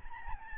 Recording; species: mosquito wingbeat signal from an infrared sensor; Aedes albopictus